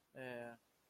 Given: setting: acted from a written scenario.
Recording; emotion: vocal sound without words; sadness